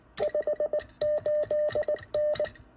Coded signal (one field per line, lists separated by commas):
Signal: Morse code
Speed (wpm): 20 wpm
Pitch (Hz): 600 Hz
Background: none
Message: 58N